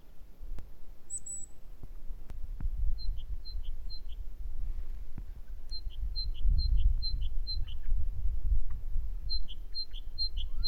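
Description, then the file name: Great tit two-note phrases in short, fairly faint runs, with one higher thin note near the start and steady low background noise. "Parus major"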